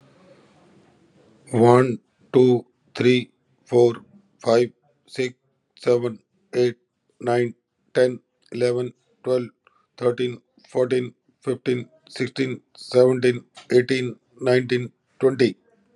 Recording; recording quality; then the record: counting at a normal pace; excellent, no background noise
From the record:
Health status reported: recovered from COVID-19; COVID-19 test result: positive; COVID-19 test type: RT-PCR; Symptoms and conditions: diabetes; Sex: male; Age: 56 years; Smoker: yes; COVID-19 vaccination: both doses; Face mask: worn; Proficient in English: yes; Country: India